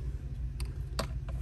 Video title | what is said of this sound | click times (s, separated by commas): HOW TO CHANGE CABIN AIR FILTER IN 2012 HONDA CR-V - SPEED CLEAN WITH ME - COOKING - GROCERY SHOPPING | like that make sure you hear it click | 1.0 s